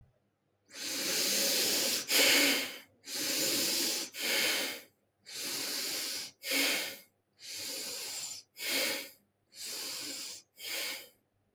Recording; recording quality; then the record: shallow breathing; excellent, no background noise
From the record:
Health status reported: COVID-19 positive, mild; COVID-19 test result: positive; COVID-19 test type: RT-PCR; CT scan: not taken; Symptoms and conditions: cough, sore throat, loss of smell and taste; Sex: male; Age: 24 years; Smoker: yes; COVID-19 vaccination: both doses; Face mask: not worn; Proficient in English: yes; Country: India